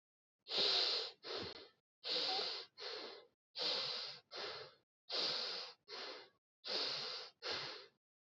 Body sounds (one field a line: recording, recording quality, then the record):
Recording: shallow breathing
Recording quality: excellent, no background noise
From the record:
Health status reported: healthy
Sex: male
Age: 22 years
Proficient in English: yes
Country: Canada